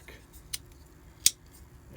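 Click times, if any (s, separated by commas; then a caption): 1.3 s. A dummy round (snap cap) is pressed home into an M1 Garand en bloc clip and checked to sit in the rim. A quieter metallic tick comes at about 0.5 s, then a sharp, bright click at 1.3 s as the round seats, followed by a low rumble at the very end.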